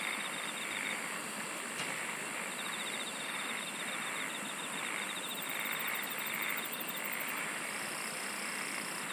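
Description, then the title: Insects produce rapid pulsed trills in several bouts, with a long very high pulsed train later on and a single click early, over steady hiss. "SINGING OF INSECTS"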